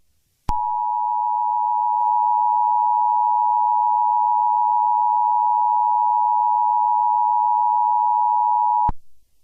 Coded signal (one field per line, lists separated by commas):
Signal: Emergency Alert System (SAME) tones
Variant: 853 and 960 Hz attention tone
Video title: EAS Scenario - Jurassic World: Reclamation